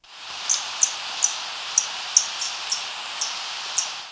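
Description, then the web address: Glowing puffleg call series: several thin, high ticks at somewhat irregular intervals against constant hissing noise. Recorded in Ecuador. "S America Birds of Ecuador. Glowing Puffleg"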